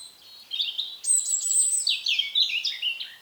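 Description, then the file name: European robin singing a rapid, high-pitched, tumbling phrase of sharp whistles and trills that drop and rise. "Erithacus rubecula"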